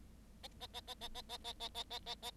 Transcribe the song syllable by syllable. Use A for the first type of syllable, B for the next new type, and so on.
A A A A A A A A A A A A A